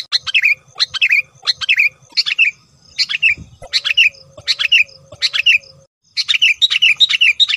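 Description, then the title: Lovebird calls, shrill chirping chatter in rapid bursts of several notes, repeated with brief pauses, over a faint low hum. Lure sound used for trapping lovebirds. "PIKAT BURUNG LOVEBIRD"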